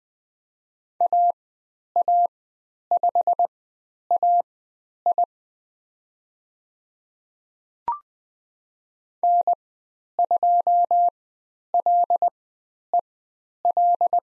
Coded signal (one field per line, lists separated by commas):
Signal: Morse code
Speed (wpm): 20 wpm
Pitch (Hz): 700 Hz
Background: none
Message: AA5AI N2LEL